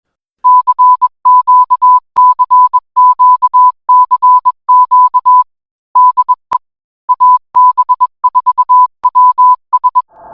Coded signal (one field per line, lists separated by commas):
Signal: Morse code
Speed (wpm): 21 wpm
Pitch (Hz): 1000 Hz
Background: music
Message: CQ CQ CQ DE AB4WS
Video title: AB4WS RADIO SHOW 2025 11 28